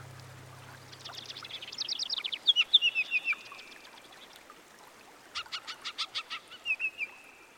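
Eurasian skylark song: fast, high, rapid notes run together into a rolling trill, then a second burst of clipped repeated chirps and a brief whistle.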